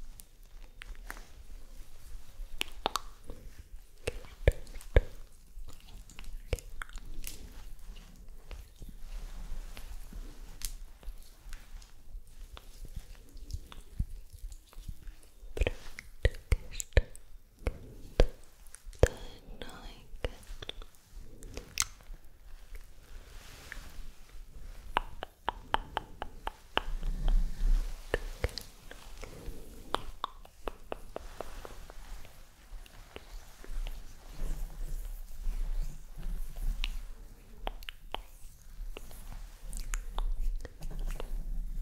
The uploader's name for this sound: Whisper - Unintelligible - Inaudible